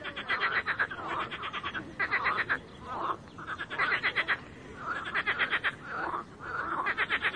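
Frogs croaking in a chorus of rapid rattling pulses in short, repeated bursts, over a steady hiss.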